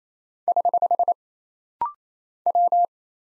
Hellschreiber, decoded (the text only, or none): none